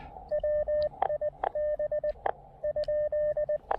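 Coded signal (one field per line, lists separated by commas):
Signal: Morse code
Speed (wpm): 18 wpm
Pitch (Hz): 590 Hz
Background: radio noise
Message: WIB ?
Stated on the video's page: Morse from a POTA park activation using a KX2 transceiver with AX1 antenna.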